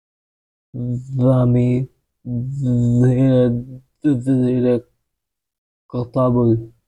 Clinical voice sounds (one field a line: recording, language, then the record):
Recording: elicited speech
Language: Bengali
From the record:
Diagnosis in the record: Broca's or global aphasia after a stroke